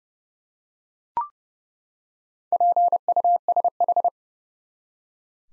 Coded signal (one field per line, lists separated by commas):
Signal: Morse code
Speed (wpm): 30 wpm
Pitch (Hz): 700 Hz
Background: none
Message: PUSH